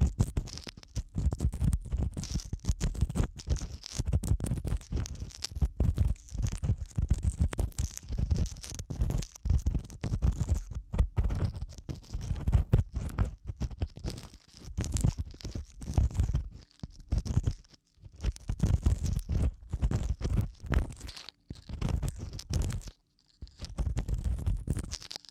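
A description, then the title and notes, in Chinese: Ear cleaning with breathy blowing: dense, crackly scratching and rubbing come in rapid bursts with a soft airy hiss over a low rumble. The activity is nearly continuous, broken by brief silent pauses around 17 and 23 seconds. 酥麻吹气掏耳（左右耳交替）。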